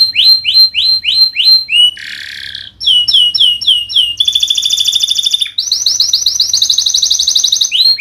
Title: Kenari Gacor Cengkok Terbaik Isian Paling Mewah